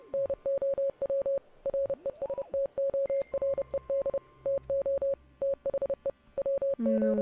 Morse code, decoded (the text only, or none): NOW RESTORED TO THE WG